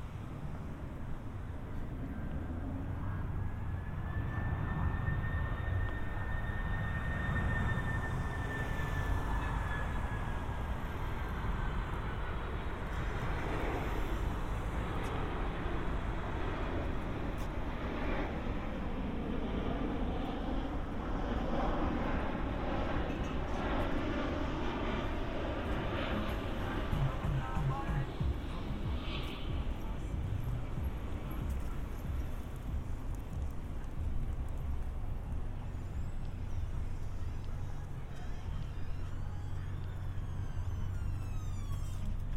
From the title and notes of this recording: Harbor to Apartment. A binaural recording of a walk from the San Diego County Admin Building to my apartment in Golden Hill.